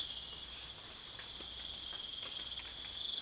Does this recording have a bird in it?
no